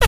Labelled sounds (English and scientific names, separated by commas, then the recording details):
Zebra Finch (Taeniopygia guttata) tet call
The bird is a male
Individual mal1